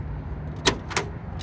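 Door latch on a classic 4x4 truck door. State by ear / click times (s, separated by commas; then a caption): released / 0.7 s. The metal door latch on a door of a restored 1974 Ford Bronco, a 5-speed, 302-powered classic 4x4 truck, releases with a satisfying click at 0.7 s as the door is opened to show the interior. Two more short, sharp sounds follow at 1.0 s and 1.5 s over a low background rumble.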